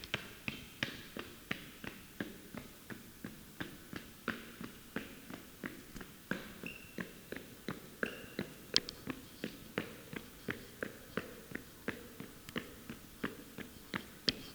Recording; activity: daily activity, guitar pickup as the sensor; run